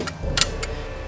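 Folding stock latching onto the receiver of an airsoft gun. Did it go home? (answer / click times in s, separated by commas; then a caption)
no / none. The folding stock of an LCT airsoft PP-19 Bizon replica is swung over and set into its folded position against the receiver. Three short, sharp knocks are heard at about 0.1, 0.4 and 0.6 s, with the loudest at 0.4 s, over a low background. The stock has not locked or clicked into place; it stays loose and rattles.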